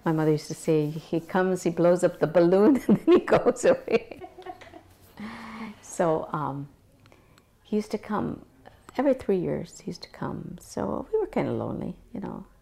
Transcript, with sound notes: My mother used to say, "He comes, he blows up the balloon, and he goes away." ( they laugh ) So, um, he used to come, every three years he used to come, so we were kind of lonely, you know?